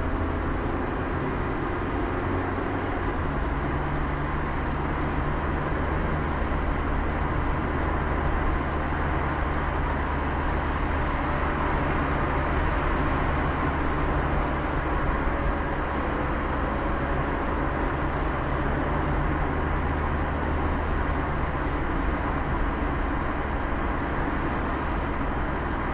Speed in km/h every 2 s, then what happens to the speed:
65, 62, 59, 58, 59, 60, 61, 60, 59, 56, 56, 55, 54.
0-4 slows to 59. 4-26 steady at about 59.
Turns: none.